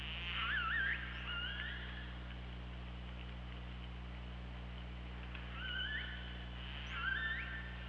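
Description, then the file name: Killer whale calls, wavering whistled calls with rising and falling inflections, three bursts spread throughout, over a steady low underwater hum. Recorded by OrcaLab hydrophone on 24 August 2017, around 08:06. "Orca Lab UTLN JASON 20170824 080631 h 2 LL ORCALABDYNI"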